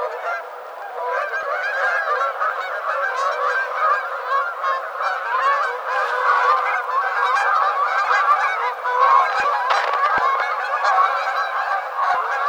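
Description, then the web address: Canada goose flock honking: many overlapping nasal honks at once, a continuous dense chorus with no pauses throughout. Recorded 7 February 2007. "Canada Goose 2007 02 07"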